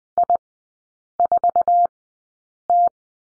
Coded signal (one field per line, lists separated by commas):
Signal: Morse code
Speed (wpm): 20 wpm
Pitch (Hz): 700 Hz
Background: none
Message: I4T